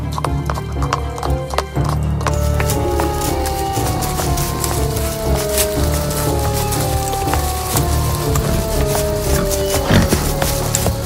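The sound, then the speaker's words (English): Horses ride along with steady, rhythmic hooves clip-clopping over a continuous low rumble, and a whinny rises briefly partway through. “And thus they set out on their horses, without any soldiers, as they did not want to make the sage angrier.”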